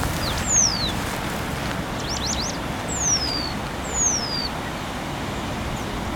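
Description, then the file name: Penduline tit calls: thin, high whistles sliding downward, given three times, with a wavering note between, over steady low background noise. Recorded 27 March 2021. "210327 turisu"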